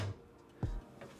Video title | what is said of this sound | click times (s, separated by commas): Today, We Finished The Computer! (PC Build Pt 8) | We've heard the snap, and we are good to go. | 0.6 s